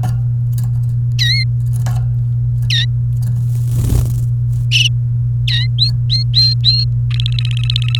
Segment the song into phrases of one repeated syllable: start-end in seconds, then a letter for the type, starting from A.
1.19-1.44 A, 2.70-2.85 A, 5.47-5.67 A, 5.78-6.84 B, 7.11-8.00 C